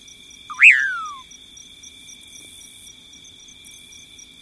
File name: Common Pauraque